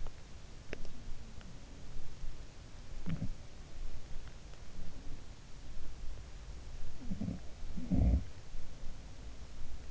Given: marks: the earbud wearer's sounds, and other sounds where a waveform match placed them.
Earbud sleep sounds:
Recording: sounds in sleep by an in-ear microphone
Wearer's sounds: teeth grinding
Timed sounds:
0.00-0.95 s: teeth grinding
2.85-3.45 s: sound from someone else or the room
6.97-8.32 s: sound from someone else or the room

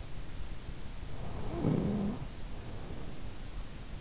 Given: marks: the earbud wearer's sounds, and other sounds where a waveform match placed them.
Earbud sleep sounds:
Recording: sounds in sleep by an in-ear microphone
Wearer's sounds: snoring breath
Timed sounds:
1.11-3.56 s: snoring breath

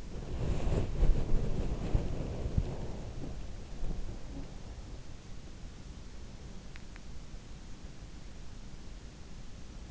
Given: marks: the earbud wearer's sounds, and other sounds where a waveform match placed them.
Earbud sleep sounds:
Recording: sounds in sleep by an in-ear microphone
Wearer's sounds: body movement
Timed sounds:
0.00-4.40 s: body movement

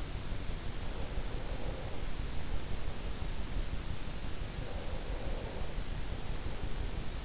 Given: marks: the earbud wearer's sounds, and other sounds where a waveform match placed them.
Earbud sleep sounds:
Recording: sounds in sleep by an in-ear microphone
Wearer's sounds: breath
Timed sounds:
0.64-2.52 s: breath
4.33-6.65 s: breath

